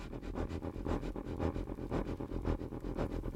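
A train engine groans and rumbles steadily as it approaches, with rhythmic chuffing bursts about every half second over a deep, continuous low drone; no voices are heard.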